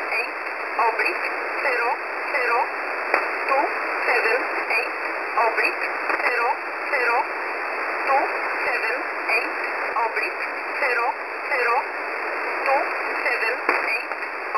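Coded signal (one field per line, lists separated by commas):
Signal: numbers station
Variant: E11 Oblique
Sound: short, evenly spaced spoken words under heavy shortwave hiss and fading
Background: radio static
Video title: E11 Oblique 13/07/2023 0930 UTC 6923kHz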